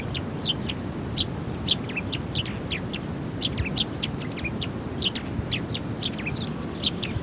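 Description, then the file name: Eurasian tree sparrow chirping, short sharp notes repeated in an irregular run, several close together, over a steady low rumble. "Passera Mattugia"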